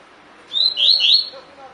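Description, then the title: Double-collared seedeater song: a single brief phrase of three or four clear, slurred whistled notes, rising and falling, lasting under a second. Song in the "tui tui" style; the bird is described as fibra (spirited). "COLEIRO DE GOLA TUI TUI FIBRA"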